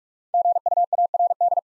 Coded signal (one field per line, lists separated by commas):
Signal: Morse code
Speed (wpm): 44 wpm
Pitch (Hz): 700 Hz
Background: none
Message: GUARD